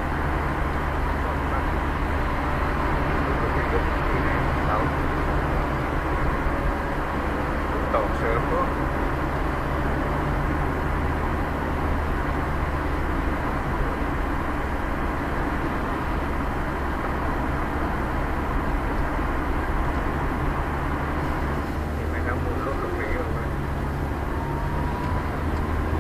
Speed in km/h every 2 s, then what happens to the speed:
23, 24, 28, 31, 33, 34, 34, 34, 33, 33, 33, 34, 34.
0-10 speeds up to 34. 10-26 steady at about 34.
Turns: none.